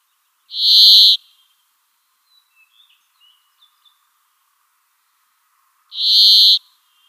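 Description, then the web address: Brambling song: two harsh, buzzy wheezes about five seconds apart, with faint soft chirps in between. "Schulze Peter Brambling song"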